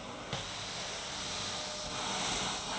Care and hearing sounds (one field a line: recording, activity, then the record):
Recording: daily activity, microphone in the room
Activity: vacuum cleaning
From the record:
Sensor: 3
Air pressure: 991.0 hPa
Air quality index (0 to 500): 129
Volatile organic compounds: 151 ppm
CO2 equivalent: 4026 ppm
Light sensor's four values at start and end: 30/71/28/27 and 30/71/28/27